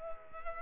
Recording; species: mosquito wingbeat signal from an infrared sensor; Culex quinquefasciatus